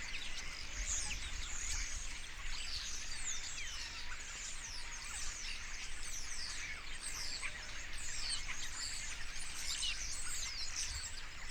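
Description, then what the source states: A flock of starlings in constant chatter, overlapping squeaky whistles, buzzy notes and clicks without pause, over a faint low hum. Several starlings.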